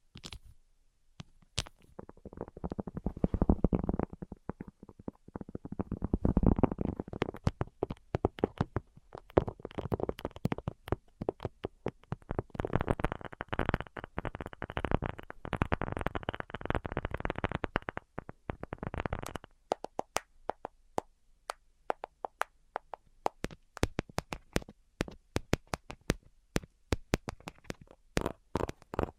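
Rapid, irregular tapping with dense clusters of sharp clicks over a low rumbling murmur that stops near twenty seconds, leaving sparse, scattered taps.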